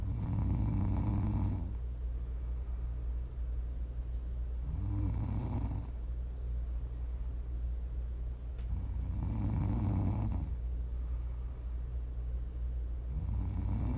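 Low, rumbling snores come about every four seconds, roughly 14 breaths a minute, each lasting a second or so, with quiet gaps between. This is an adult's ordinary sleep snoring, offered as ASMR for relaxing and winding down, over a steady low background hum.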